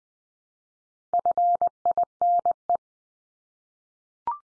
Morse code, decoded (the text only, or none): FINE